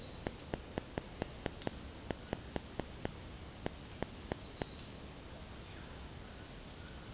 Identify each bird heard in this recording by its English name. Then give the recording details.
White-throated Toucan. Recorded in dense forest near Puerto Asís, Putumayo, Colombia, on 21 February 2024 at 17:30. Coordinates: 0.503, -76.322. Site G6418